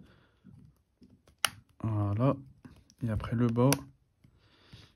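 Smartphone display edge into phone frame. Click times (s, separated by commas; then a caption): 1.4 s. A smartphone display, an iPhone XS screen whose touch had stopped working, is pressed edge by edge into the phone frame: first the sides, then the bottom edge. A sharp click at 1.4 s marks the edge clipping in and seating, with faint light taps around it. Someone talks in between.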